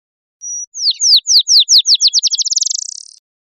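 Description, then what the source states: Black-chinned sparrow song: a thin high whistled note, then a run of downslurred notes speeding into a fast, rising trill that ends abruptly. Recorded 7 April 2003.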